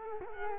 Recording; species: mosquito wingbeat signal from an infrared sensor; Culex quinquefasciatus